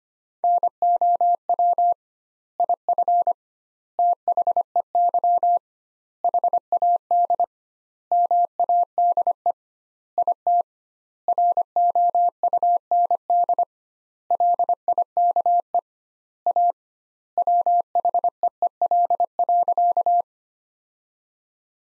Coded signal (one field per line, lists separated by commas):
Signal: Morse code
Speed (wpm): 25 wpm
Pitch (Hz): 700 Hz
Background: none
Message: NOW IF THEY HAD MADE IT ROUND LIKE A WHEEL.